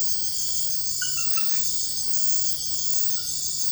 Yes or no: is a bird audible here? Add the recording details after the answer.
no. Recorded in dense forest near Puerto Asís, Putumayo, Colombia, on 21 February 2024 at 04:30. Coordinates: 0.487, -76.319. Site G6403